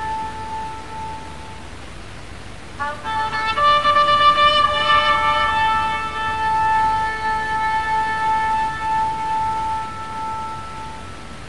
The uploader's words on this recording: Shofar Call • Shofar Blast.